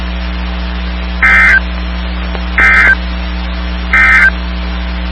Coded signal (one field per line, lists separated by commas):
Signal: Emergency Alert System (SAME) tones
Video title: EAS 2215-2228 (3/16/23)